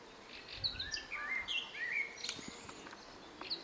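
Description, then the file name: Eurasian blackcap warbling song of quick, varied chirps and sweeping notes, some rising and falling. "Sylvia atricapilla"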